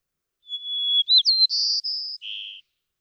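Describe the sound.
White-crowned sparrow song opening on a sustained clear whistle, followed by a twisting note, buzzy trills, and a final lower buzz, in otherwise silent surroundings.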